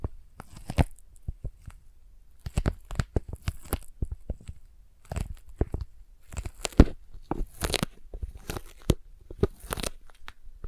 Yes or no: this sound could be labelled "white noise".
no